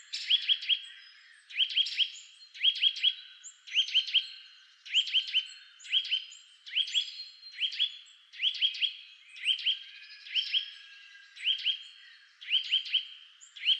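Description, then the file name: Eurasian nuthatch calling in quick clusters of two to four sharp notes, the groups repeated roughly every second. "Sitta europaea"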